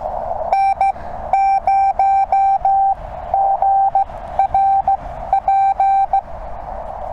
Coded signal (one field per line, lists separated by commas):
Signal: Morse code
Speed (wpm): 15 wpm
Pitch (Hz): 780 Hz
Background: none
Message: N0GRP